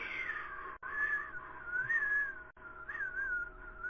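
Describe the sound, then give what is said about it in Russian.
A whistled melody plays as hold music on a debt-collection agency's phone line, bright gliding tones over a steady band-limited hum, briefly cutting out twice with sharp dropouts. “Да, у вас музыка прикольная, просто я не могу, конечно, так свистеть.”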